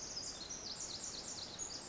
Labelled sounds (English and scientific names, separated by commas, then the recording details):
Pacific Wren (Troglodytes pacificus)
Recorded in Sonoma County, California